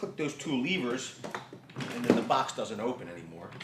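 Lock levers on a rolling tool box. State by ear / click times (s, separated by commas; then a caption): not seated / none. Someone talks while handling the two lock levers on a rolling plastic tool box, which are meant to be clicked shut so the box cannot open in transport. Only speech and soft handling sounds are heard. Nothing has clicked or seated yet; the levers are not yet closed.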